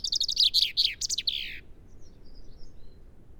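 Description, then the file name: Common chaffinch song: loud rapid repeated notes descending into a brisk terminal flourish, then faint high chirps. "Fringilla coelebs"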